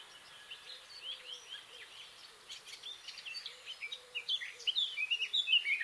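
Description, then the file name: Eurasian blackcap song: quiet chattering warble that builds into loud, clear fluting notes near the end. "Sylvia atricapilla"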